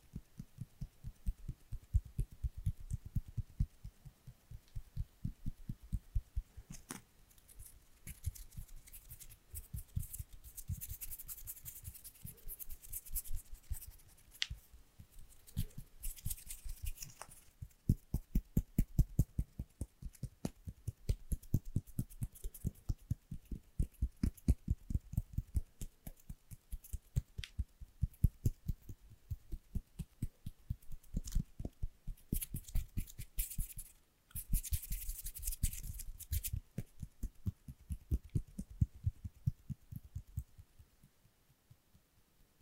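Fingertips tap rapidly and steadily on Apple devices and product boxes, a dense stream of soft, low thuds with sharper clicks mixed in. Brighter hissy scratching bursts come in now and then, around ten, sixteen and thirty-five seconds, while the tapping barely pauses.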